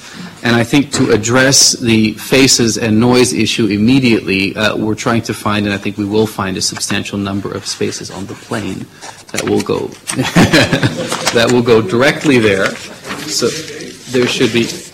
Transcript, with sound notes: And I think to address the faces and noise issue immediately, we’re trying to find, and I think we will find a substantial number of spaces on the plane that will go…
(LAUGHTER)
…that will go directly there. So there should be…